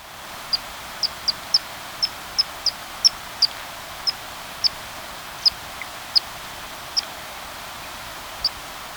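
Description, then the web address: Andean tit-spinetail uttering thin, high, sharp single chips at irregular intervals of about a quarter second to a second and a half, against a quiet hiss. Recorded in Ecuador. "Birds of Ecuador. Andean Tit-Spinetail"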